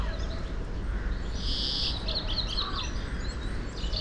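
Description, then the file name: European greenfinch call: a single drawn-out buzzy wheeze lasting under a second, followed by faint twittering, against constant low background noise. "Chloris chloris"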